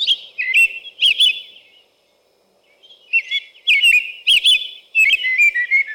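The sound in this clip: American robin song: a few warbled whistled phrases, a short break, then a brisk series of rising and falling caroling notes.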